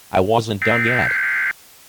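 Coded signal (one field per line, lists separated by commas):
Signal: Emergency Alert System (SAME) tones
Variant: header bursts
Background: speech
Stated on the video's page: Fictional EAS scenario.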